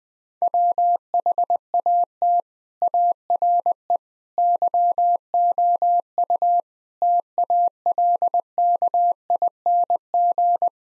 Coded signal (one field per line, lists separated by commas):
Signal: Morse code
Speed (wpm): 20 wpm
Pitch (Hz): 700 Hz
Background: none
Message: WHAT ARE YOU TALKING